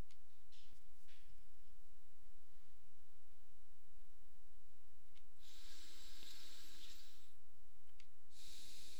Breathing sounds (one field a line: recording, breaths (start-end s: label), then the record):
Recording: nose breathing near a microphone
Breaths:
5.05-7.90 s: inhalation
7.90-9.00 s: exhalation
From the record:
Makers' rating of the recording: medium